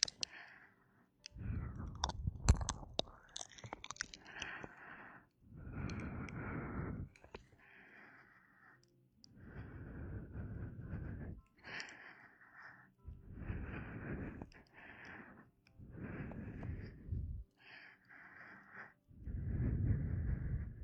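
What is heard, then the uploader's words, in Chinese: Warm, close breaths right by the ear, slow rhythmic breathy puffs every few seconds, with soft clicks and mouth noises. 贴耳温热呼吸~ 亲亲你。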